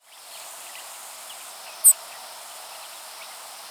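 Savannah sparrow call: one thin, very high tsip note midway through, standing above a steady faint hiss.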